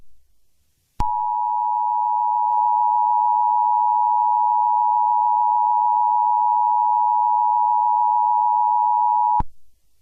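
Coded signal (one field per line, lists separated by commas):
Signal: Emergency Alert System (SAME) tones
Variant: 853 and 960 Hz attention tone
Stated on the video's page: Fictional EAS scenario depicting meteor strikes, a simulated alert.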